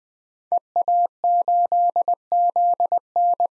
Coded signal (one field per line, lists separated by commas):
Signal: Morse code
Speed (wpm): 20 wpm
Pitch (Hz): 700 Hz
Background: none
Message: EA8ZN